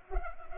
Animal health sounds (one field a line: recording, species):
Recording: mosquito wingbeat signal from an infrared sensor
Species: Culex pipiens